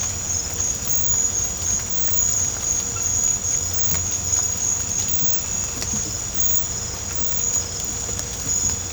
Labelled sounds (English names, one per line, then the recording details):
none
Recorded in pastures near Puerto Asís, Putumayo, Colombia, on 18 December 2024 at 00:30
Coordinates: 0.502, -76.324
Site G077